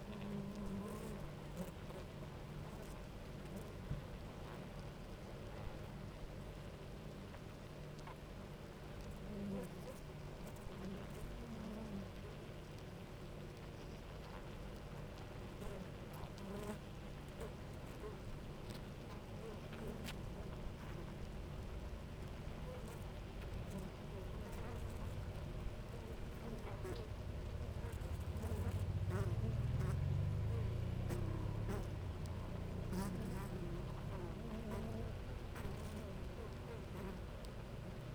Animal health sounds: honeybee colony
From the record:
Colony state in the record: active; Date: 28 July 2017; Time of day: 10:01

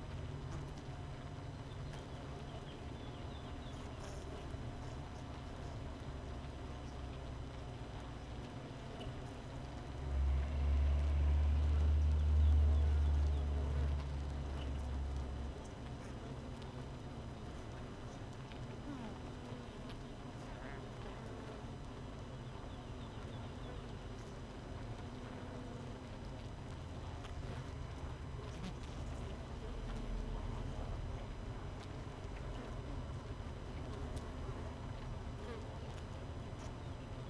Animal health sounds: honeybee colony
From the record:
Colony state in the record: missing queen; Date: 31 May 2018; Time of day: 5:45

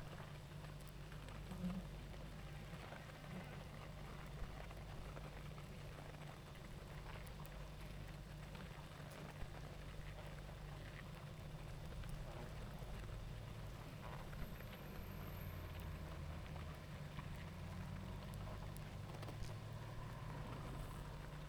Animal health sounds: honeybee colony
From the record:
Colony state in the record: active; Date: 28 July 2017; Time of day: 19:30

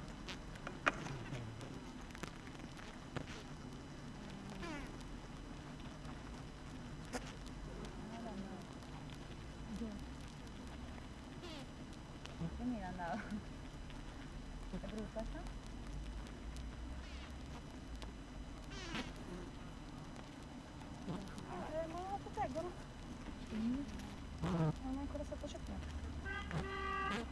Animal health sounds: honeybee colony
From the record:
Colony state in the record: active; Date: 12 June 2018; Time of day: 7:52

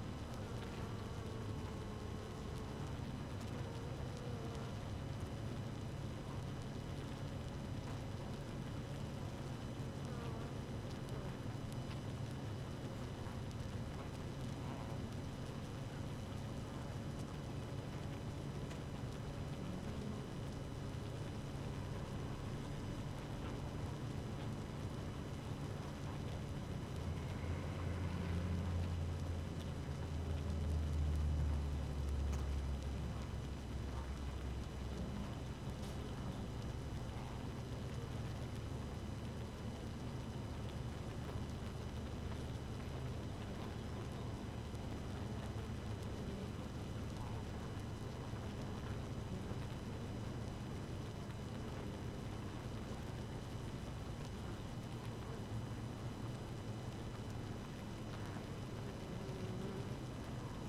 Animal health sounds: honeybee colony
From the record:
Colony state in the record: active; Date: 12 June 2018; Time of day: 5:08

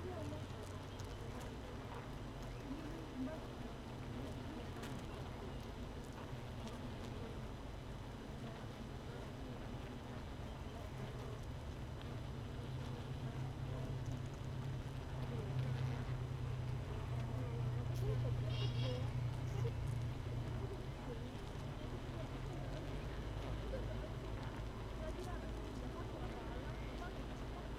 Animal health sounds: honeybee colony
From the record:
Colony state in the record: missing queen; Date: 31 May 2018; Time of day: 16:05

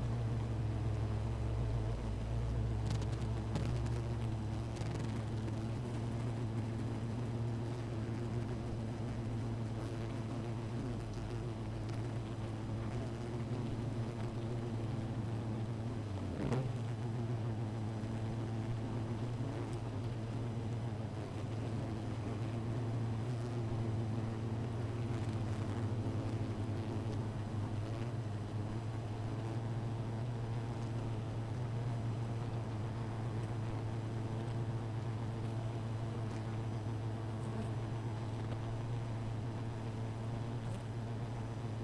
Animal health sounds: honeybee colony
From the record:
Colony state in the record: missing queen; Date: 14 July 2017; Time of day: 16:17

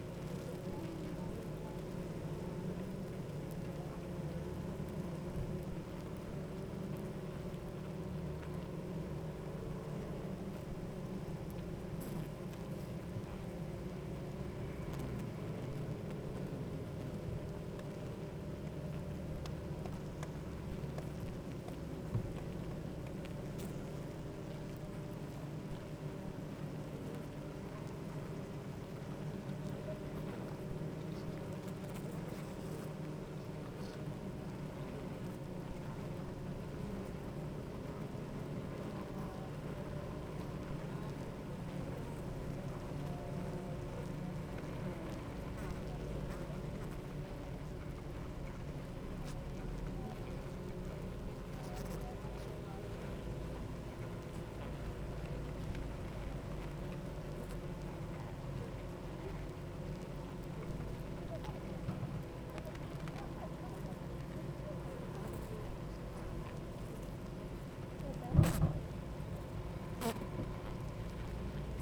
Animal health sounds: honeybee colony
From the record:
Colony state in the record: active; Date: 28 July 2017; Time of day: 9:10

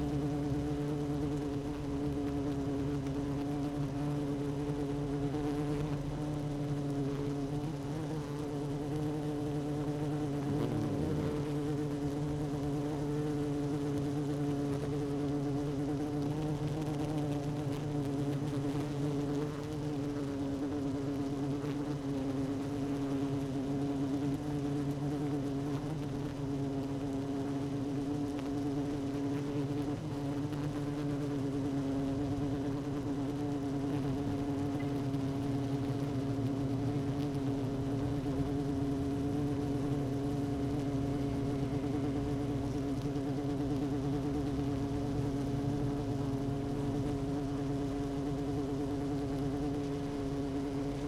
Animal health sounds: honeybee colony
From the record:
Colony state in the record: active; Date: 12 June 2018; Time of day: 16:32

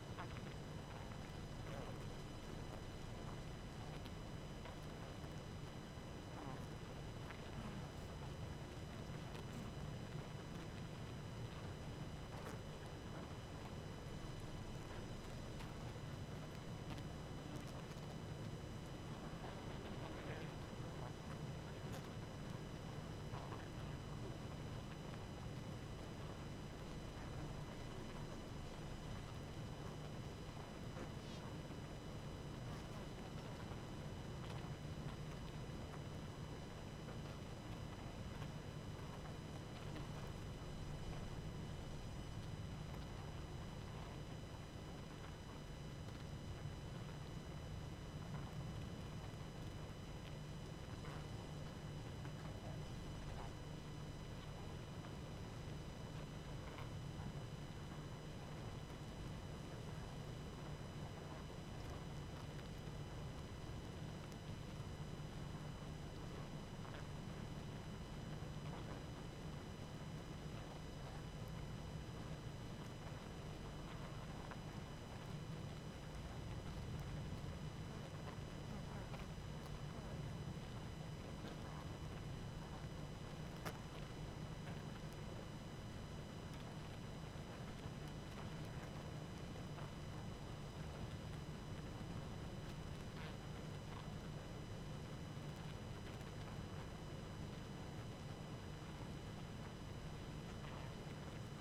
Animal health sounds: honeybee colony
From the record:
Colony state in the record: active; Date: 12 June 2018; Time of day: 21:00

